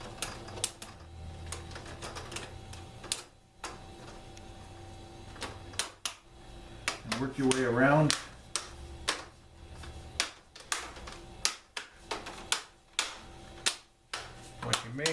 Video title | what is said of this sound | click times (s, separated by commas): Laptop screen replacement How to replace laptop screen Toshiba Satellite C75D B7360 | of reverse of what you started with start at the bottom get it snapped in place and work | 0.2 s, 0.6 s, 3.1 s, 5.8 s, 6.1 s, 6.9 s